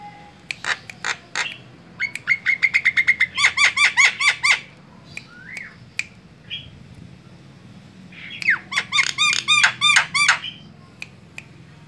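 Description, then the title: Javan myna song: bursts of rapid, harsh, grating notes repeated several times a second, separated by a pause with a few scattered whistles and clicks. Very loud, noisy song used as a tutor recording for training other birds. "Jalak Kebo Master Suara Super Berisik Buat Masteran"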